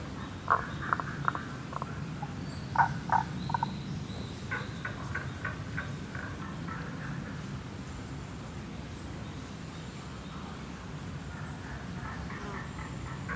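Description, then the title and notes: Tago's brown frog giving repeated short, rapid croaking pulses in loose bursts, with a low rumbling background. Rana tagoi tagoi, recorded in Kasugayama primeval forest, Nara, Japan, on 21 May 2017. "170521Rana tagoi tagoi in Kasugayama primeval forest by ototamari"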